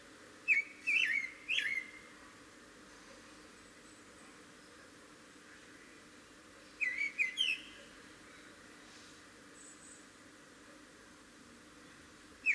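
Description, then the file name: Common blackbird calls: brief bursts of thin, squeaky chattering notes, one group early, another near seven seconds, a last note at the end; quiet background between. "Turdus merula"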